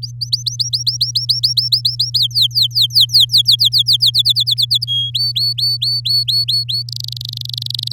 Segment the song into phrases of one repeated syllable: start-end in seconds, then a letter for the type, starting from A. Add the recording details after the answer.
0.02-2.19 A, 2.19-4.11 B, 4.14-4.85 C, 4.87-5.10 D, 5.14-6.83 E, 6.88-7.92 F. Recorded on 9 May 2018 at 06:12. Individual llb16